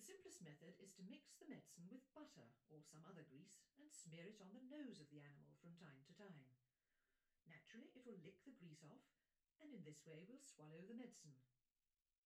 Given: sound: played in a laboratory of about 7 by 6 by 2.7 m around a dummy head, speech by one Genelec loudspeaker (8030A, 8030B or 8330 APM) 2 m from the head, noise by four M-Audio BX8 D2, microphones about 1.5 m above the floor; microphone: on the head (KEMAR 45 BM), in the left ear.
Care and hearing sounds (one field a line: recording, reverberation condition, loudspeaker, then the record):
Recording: female speech in English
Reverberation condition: low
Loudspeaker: 120 degrees to the right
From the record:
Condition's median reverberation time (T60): about 310 ms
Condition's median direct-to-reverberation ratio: about 3.5 dB